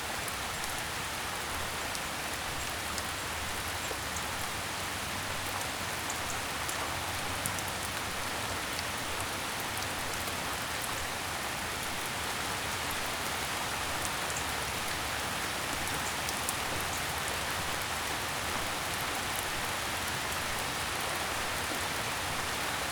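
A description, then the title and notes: Steady, dense rain falls outside, a constant bright hiss with scattered close drops ticking on a surface, unchanging throughout. The comforting rain outside.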